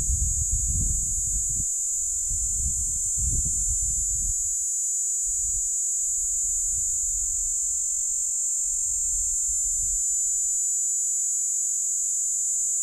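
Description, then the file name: Cicada song, a constant piercing buzz that never pauses, with bursts of low rumbling noise like wind, strongest in the first half. Recorded at Steytlerville. "P plumosa Steydtlerville"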